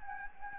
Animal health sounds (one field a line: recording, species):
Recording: mosquito wingbeat signal from an infrared sensor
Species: Anopheles gambiae